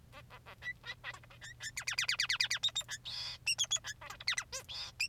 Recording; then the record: song of a male Bengalese finch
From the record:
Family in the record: son of father 3